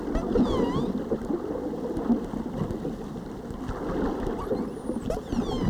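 Whale calls, a harmonic dipping whistle near the start and another at the end, with a faint high flat tone between, over constant underwater crackling.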